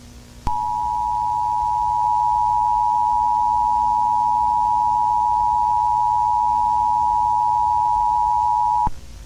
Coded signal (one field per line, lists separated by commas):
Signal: Emergency Alert System (SAME) tones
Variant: 853 and 960 Hz attention tone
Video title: EAS Scenario: September 11